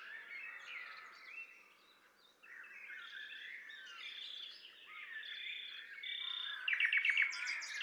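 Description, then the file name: Common nightingale song, continuous warbling phrases with sliding whistles and buzzy notes, ending in a louder rapid rattling trill, over a faint steady background hiss. "Luscinia megarhynchos"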